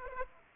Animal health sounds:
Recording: mosquito wingbeat signal from an infrared sensor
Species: Aedes aegypti

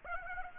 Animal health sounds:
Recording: mosquito wingbeat signal from an infrared sensor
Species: Aedes aegypti

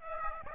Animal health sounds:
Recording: mosquito wingbeat signal from an infrared sensor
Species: Aedes aegypti

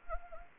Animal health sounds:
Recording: mosquito wingbeat signal from an infrared sensor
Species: Anopheles arabiensis

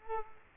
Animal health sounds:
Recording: mosquito wingbeat signal from an infrared sensor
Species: Culex quinquefasciatus

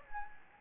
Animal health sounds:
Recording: mosquito wingbeat signal from an infrared sensor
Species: Anopheles gambiae

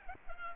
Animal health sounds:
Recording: mosquito wingbeat signal from an infrared sensor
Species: Culex pipiens

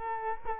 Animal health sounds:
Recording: mosquito wingbeat signal from an infrared sensor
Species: Culex quinquefasciatus

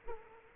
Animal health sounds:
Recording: mosquito wingbeat signal from an infrared sensor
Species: Culex quinquefasciatus

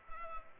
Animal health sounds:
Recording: mosquito wingbeat signal from an infrared sensor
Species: Culex pipiens

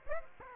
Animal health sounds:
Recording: mosquito wingbeat signal from an infrared sensor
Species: Aedes aegypti

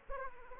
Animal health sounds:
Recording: mosquito wingbeat signal from an infrared sensor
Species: Aedes aegypti

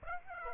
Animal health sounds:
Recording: mosquito wingbeat signal from an infrared sensor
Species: Aedes aegypti

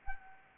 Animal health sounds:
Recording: mosquito wingbeat signal from an infrared sensor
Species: Anopheles arabiensis

